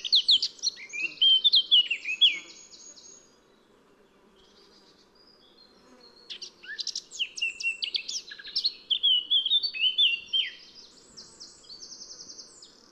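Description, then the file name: Eurasian blackcap song: two bursts of rich, fast warbling with varied, rising and falling notes, the first near the start, the second after a pause of several seconds. "Sylvia atricapilla"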